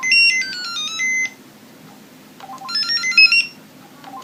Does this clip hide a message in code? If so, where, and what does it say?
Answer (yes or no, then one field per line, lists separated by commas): no